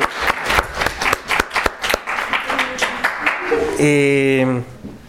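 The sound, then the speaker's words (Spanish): A short burst of applause from a class in an Esperanto course at UNAM in 2013: a dozen or so sharp, irregular claps over a few seconds, followed by a brief steady, buzzy tone that cuts off abruptly. “Tres bones, aplaudo bombolo.”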